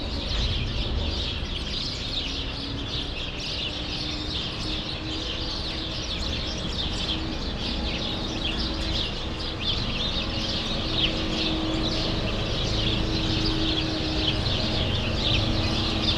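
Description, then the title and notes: Many sparrows chirp together in a busy, unbroken chatter, backed by low rumble and a faint humming tone. Sparrows in a grove at Rue Saint-Jean Népomucène, Brussels, Belgium; recorded with Earsight V2 AB microphones into a Mixpre-3. "Rue Saint-Jean Népomucène 13, 1000 Bruxelles, Belgique - Sparrows - Moineaux. Moineaux dans un bosquet. Sparrows in a grove"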